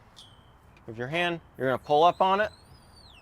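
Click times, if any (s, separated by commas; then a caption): none. Someone talks while reaching for the flip-up rear seat of a 2025 Honda Pioneer 1000-5 Trail Edition side-by-side UTV, about to pull it up by hand into its upright lock. A brief high-pitched squeal and a faint tick come before the voice, and a thin rising whistle trails after it. Nothing has seated or clicked yet.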